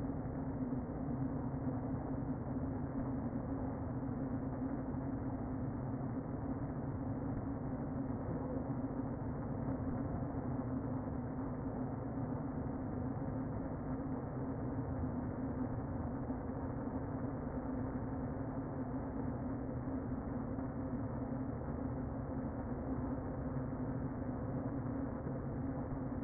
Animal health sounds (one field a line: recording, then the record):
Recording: honeybee colony, microphone inside the hive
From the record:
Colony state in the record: queen present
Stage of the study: before two queens were removed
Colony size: about 60,000 bees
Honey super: yes